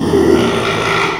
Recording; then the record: squeal of a Yucatan mini pig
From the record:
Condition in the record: after surgery on the right vocal fold (resection and tissue-engineered implant); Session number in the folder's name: 1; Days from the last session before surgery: 6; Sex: male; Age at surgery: 12 weeks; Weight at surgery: 13 kg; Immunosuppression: cyclosporine, prednisolone